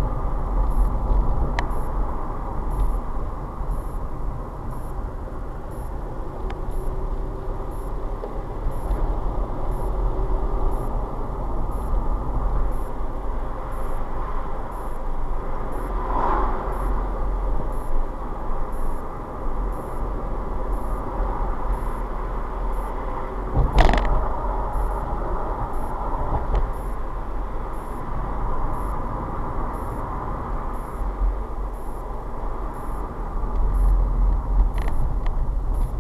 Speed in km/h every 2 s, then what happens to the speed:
42, 37, 32, 23, 23, 26, 40, 40, 42, 42, 42, 44, 44, 42, 44, 44, 42, 39.
0-6 slows to 23. 6-12 speeds up to 40. 12-31 steady at about 42.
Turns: none.